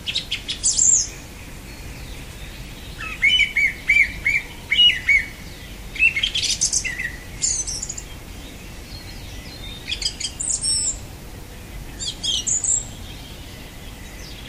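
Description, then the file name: Song thrush song of loud whistled phrases, one short note repeated several times in a row, mixed with high thin squeaks and rasping bursts. "Golosa ptic - Pevchij drozd"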